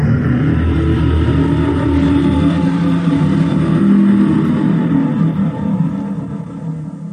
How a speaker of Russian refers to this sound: Рев пронесся над озером, и сразу двое ближайших драконов повернули ко мне головы, а через секунду, толкнувшись мощными ногами и ударив огромными крыльями, взлетели.